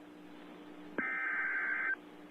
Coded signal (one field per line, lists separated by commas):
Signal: Emergency Alert System (SAME) tones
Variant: header bursts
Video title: Real EAS #496 - Fire Warning!!!!!